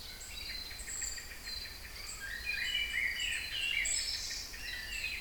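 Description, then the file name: Songbirds in a busy chorus of rapid chirps, trills and high whistles, over a steady background hiss. Recorded in Kouri Forest, Thessaloniki, Greece, on 22 May 2012 at 18:35. "Singing Birds 3 Kouri Forest Salonika 22 05 12 18 35"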